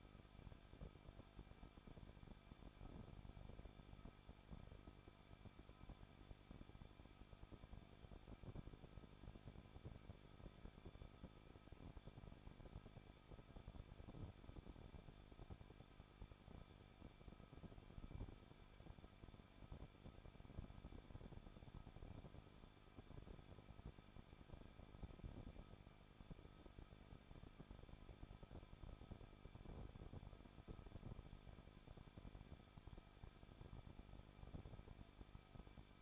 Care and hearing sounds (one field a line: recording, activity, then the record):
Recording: daily activity, microphone in the room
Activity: no activity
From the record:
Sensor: 5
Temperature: 20.9 degrees Celsius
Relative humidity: 38.3%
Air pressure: 1006.4 hPa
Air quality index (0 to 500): 189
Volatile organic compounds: 19 ppm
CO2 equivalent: 2666 ppm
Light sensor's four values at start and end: 2/3/1/1 and 2/3/1/1